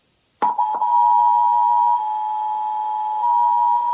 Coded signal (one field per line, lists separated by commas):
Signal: Emergency Alert System (SAME) tones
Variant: 853 and 960 Hz attention tone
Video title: White House Emergency Alert System Broadcast Across America -WW3 Warning?